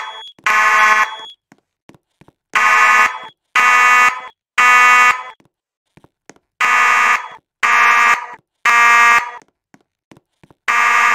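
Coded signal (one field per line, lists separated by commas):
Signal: alarm pattern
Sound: buzzy fire alarm horn sounding three half-second blasts, pause, repeating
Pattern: temporal three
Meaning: Temporal-3 pattern signals evacuate the building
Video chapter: Code 3 / Temporal 3 3:37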